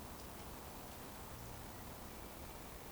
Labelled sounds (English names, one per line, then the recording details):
Eurasian Woodcock whistle
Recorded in Baden-Württemberg, Germany, on 24 June 2020 at 19:29 UTC
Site 14569, 102 m above sea level